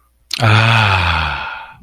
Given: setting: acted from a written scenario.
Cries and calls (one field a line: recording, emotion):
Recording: vocal sound without words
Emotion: ecstasy